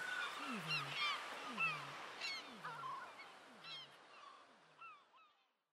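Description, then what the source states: Gulls calling, several overlapping mewing and yelping calls with downslurred notes, roughly every second, fading toward the end. Multiple seagulls.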